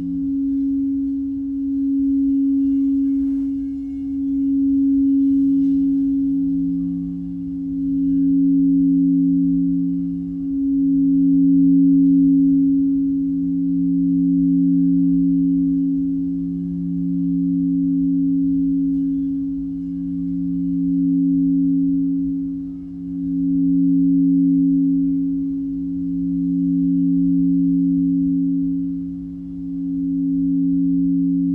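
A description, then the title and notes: Crystal bowls ring in a sustained, pure tone, two low notes held together for the whole stretch. The sound swells and ebbs in slow, gentle waves every few seconds, with a brief dip near twenty-three seconds. Faint soft rubbing sits underneath. Crystal bowls. (C# +G# —> F + C#).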